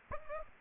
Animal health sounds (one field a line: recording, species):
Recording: mosquito wingbeat signal from an infrared sensor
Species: Aedes aegypti